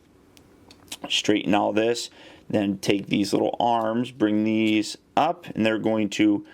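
While a Transformers Age of Extinction Deluxe Class Scorn action figure is being transformed, a plastic panel on its second side is folded and its plastic tab is pressed down into its slot, snapping into place with a sharp tick at 0.4 s. Two fainter ticks follow at 0.7 s and 0.8 s, and then someone talks. The tab is seated.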